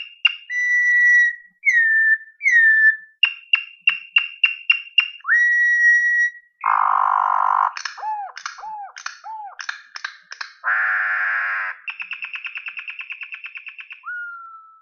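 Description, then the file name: Campo troupial song: a varied sequence of falling whistles, rapid clicking notes, broad buzzy bursts, drooping hooked whistles and a rattling trill, ending on a low whistle. "Corrupião"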